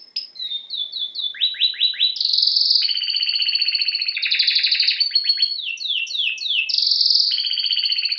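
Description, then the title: Domestic canary singing a long unbroken song of descending sweeping notes, rolling trills and rapid repeated phrases that shift in pitch every second or two. Male canary singing a lot; training recording to warm up young birds and Belgian canaries. "Esquente Seu Filhote E Canario Belga Em 30 Minutos Macho Cantando Muito"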